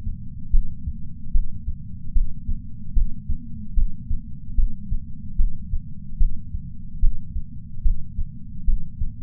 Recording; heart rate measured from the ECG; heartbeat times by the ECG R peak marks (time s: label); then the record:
heart sounds by patch sensor on the chest; 74 bpm
0.50 s: heartbeat
1.31 s: heartbeat
2.12 s: heartbeat
2.93 s: heartbeat
3.73 s: heartbeat
4.54 s: heartbeat
5.35 s: heartbeat
6.17 s: heartbeat
6.99 s: heartbeat
7.81 s: heartbeat
8.64 s: heartbeat
From the record:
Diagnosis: coronary artery disease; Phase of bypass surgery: intraoperative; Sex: male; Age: 57 years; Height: 175 cm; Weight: 71 kg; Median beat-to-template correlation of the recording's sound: 0.90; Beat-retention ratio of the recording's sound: 0.98